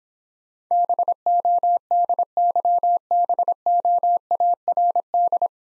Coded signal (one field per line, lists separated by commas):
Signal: Morse code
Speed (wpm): 26 wpm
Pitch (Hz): 700 Hz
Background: none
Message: BODYBOARD